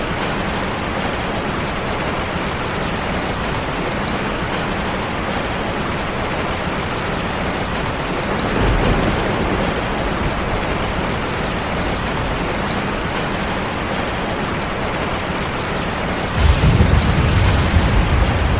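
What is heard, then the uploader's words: Steady rain falls in a dense, even hiss, with raindrops pattering across the whole range from low to bright. A faint low rumble enters around eight seconds, and a louder, deeper swell rises near sixteen seconds and holds to the end. Relaxing Rain Sounds. The gentle rhythm of raindrops.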